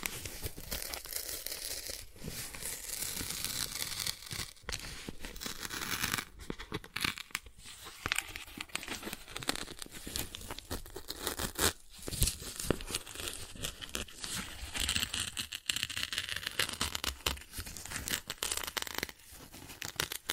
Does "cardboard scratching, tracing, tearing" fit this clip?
yes